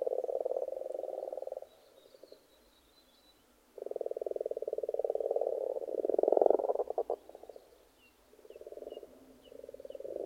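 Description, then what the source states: Frog chorus of fast rattling croaks in long bursts with pauses between, and a louder swell in the middle. Several frogs in a pond.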